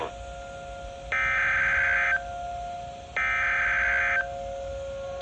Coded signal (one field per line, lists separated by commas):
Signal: Emergency Alert System (SAME) tones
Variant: header bursts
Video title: (EAS #488) Tornado Warning for Green and Rock, Wisconsin